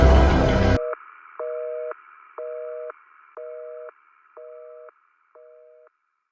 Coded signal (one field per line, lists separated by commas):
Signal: telephone call progress tone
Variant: North America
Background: music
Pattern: busy tone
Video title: Catch your breath x Echo2locate- Dial tone